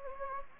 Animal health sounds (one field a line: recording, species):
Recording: mosquito wingbeat signal from an infrared sensor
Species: Anopheles gambiae